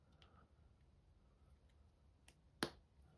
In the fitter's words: they should click into place